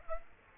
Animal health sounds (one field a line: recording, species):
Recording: mosquito wingbeat signal from an infrared sensor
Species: Aedes aegypti